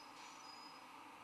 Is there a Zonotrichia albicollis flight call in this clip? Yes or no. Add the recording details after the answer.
no. No flight call is heard. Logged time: 22:00 on 20 December 2014